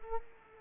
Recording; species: mosquito wingbeat signal from an infrared sensor; Culex quinquefasciatus